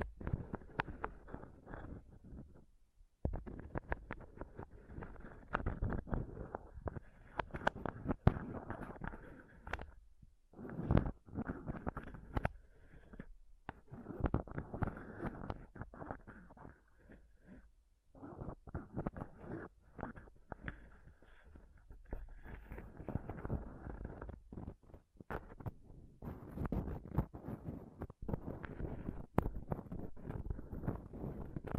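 Scratching and touching right on a microphone, a dense run of rough scraping bursts with sharp clicks and knocks scattered throughout. Low rumbling thumps underlie the scratches, broken by brief silent gaps near 3, 10, 17 and 25 seconds.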